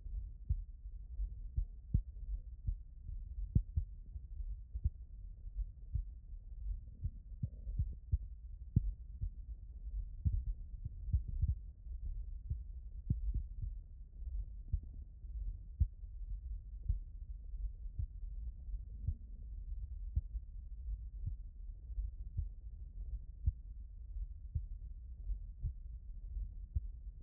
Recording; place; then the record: heart sounds by stethoscope; tricuspid valve (TV)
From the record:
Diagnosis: non-HFrEF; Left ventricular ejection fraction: 63%